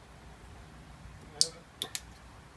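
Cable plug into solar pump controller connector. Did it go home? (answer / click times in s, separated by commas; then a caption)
yes / 1.4 s. A cable plug on the supply cable for a solar pump controller is pushed into its connector until it latches, with a sharp click at 1.4 s. Two smaller clicks follow at 1.8 s and 1.9 s over a low background hiss. The plug seats and clicks into place.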